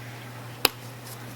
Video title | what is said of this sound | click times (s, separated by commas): Personal Purple Malden Unboxing!!! | let me okay well let me take that let me take the let's hear it for the snap listen | 0.7 s